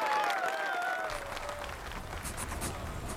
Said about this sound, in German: Die Menschen im Saal brechen in Jubel aus.